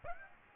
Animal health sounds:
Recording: mosquito wingbeat signal from an infrared sensor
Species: Aedes aegypti

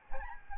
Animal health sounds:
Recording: mosquito wingbeat signal from an infrared sensor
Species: Aedes albopictus

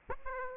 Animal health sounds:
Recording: mosquito wingbeat signal from an infrared sensor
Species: Aedes aegypti

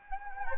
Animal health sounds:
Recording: mosquito wingbeat signal from an infrared sensor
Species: Anopheles gambiae

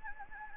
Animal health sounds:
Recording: mosquito wingbeat signal from an infrared sensor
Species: Anopheles gambiae

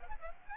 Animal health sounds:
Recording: mosquito wingbeat signal from an infrared sensor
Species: Aedes aegypti

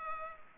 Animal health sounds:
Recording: mosquito wingbeat signal from an infrared sensor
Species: Culex pipiens

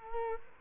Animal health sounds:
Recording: mosquito wingbeat signal from an infrared sensor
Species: Culex quinquefasciatus

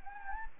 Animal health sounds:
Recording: mosquito wingbeat signal from an infrared sensor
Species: Anopheles gambiae

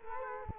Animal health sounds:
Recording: mosquito wingbeat signal from an infrared sensor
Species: Culex quinquefasciatus

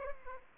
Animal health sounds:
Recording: mosquito wingbeat signal from an infrared sensor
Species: Aedes aegypti

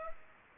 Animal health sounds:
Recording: mosquito wingbeat signal from an infrared sensor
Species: Aedes aegypti

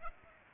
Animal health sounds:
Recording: mosquito wingbeat signal from an infrared sensor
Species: Aedes aegypti

